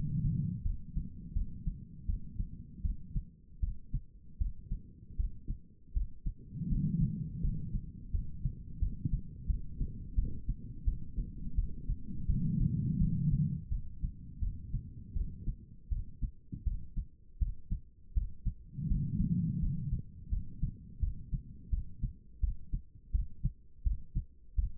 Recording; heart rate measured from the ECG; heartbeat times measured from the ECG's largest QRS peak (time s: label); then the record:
heart sounds by stethoscope; 83 bpm
0.63 s: heartbeat
1.33 s: heartbeat
2.06 s: heartbeat
2.82 s: heartbeat
3.60 s: heartbeat
4.38 s: heartbeat
5.17 s: heartbeat
5.94 s: heartbeat
6.69 s: heartbeat
7.41 s: heartbeat
8.11 s: heartbeat
8.80 s: heartbeat
9.47 s: heartbeat
10.15 s: heartbeat
10.85 s: heartbeat
11.56 s: heartbeat
12.27 s: heartbeat
12.99 s: heartbeat
13.69 s: heartbeat
14.40 s: heartbeat
15.14 s: heartbeat
15.90 s: heartbeat
16.65 s: heartbeat
17.39 s: heartbeat
18.14 s: heartbeat
18.89 s: heartbeat
19.60 s: heartbeat
20.30 s: heartbeat
21.00 s: heartbeat
21.70 s: heartbeat
22.41 s: heartbeat
23.12 s: heartbeat
23.84 s: heartbeat
24.56 s: heartbeat
From the record:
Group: healthy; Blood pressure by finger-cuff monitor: 108/71 mmHg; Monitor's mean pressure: 85 mmHg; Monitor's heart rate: 82 bpm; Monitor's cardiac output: 5 L/min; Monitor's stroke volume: 61 mL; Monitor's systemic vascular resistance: 1270 dyn s/cm5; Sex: female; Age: 51 years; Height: 162 cm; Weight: 70.04 kg